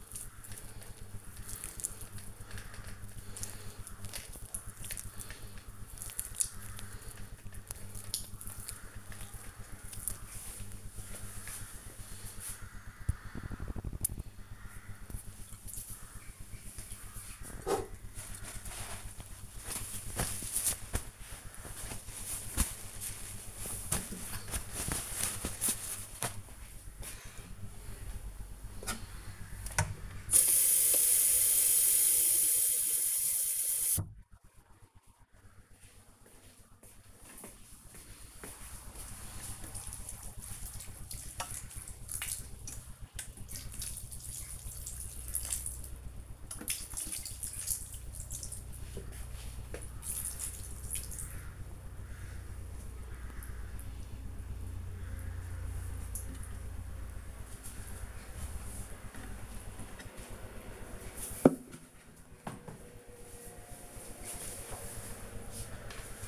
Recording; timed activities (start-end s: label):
household activities, microphone on the right wrist
0.00-7.91 s: cream hands
30.03-59.22 s: watering plant